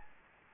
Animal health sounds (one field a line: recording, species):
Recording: mosquito wingbeat signal from an infrared sensor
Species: Anopheles gambiae